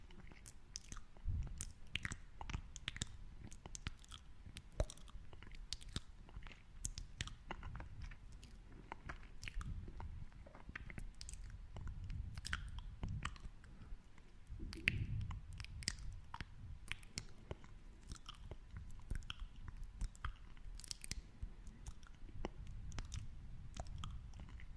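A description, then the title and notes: Mouth sounds of steady chewing and biting, with frequent crisp wet clicks and crunches over a low rumbling murmur throughout. Mouth Sounds.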